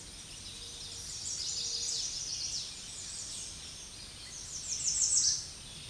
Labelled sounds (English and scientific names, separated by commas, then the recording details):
American Redstart (Setophaga ruticilla) song
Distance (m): 15 m
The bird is about 5 m above the microphone
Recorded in a Pennsylvania forest on 16 May 2024 at 07:40
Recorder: AudioMoth, point MSD-2027
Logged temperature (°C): 15.6 °C
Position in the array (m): 114 m, 224 m